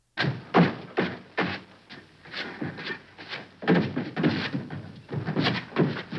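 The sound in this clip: Horse pawing: many dull, scraping thuds at an irregular pace.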